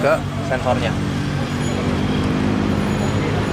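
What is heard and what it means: The female plug of an add-on power module (BLITZ Power Con) wiring harness is being handled at the vehicle's engine sensor connector. Someone talks over a steady low engine and traffic rumble. Nothing has seated or clicked yet.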